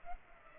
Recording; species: mosquito wingbeat signal from an infrared sensor; Culex pipiens